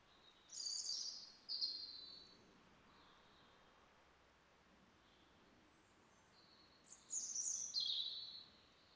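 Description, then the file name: European robin song: high thin warbled phrases at the start, a long pause with faint hiss, then another bright trilling phrase near the end. "Erithacus rubecula"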